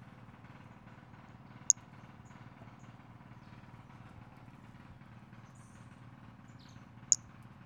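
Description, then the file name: Pumpkin toadlet calls: two brief, sharp, very high-pitched chirps about five seconds apart, set against a steady low droning hum like an engine. Recorded 5 February 2016. "Brachycephalus albolineatus 160205"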